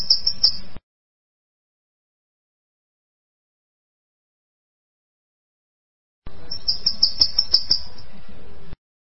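Bananaquit song: short, high-pitched chattering runs of sharp, repeated notes, with a long quiet stretch between two bursts.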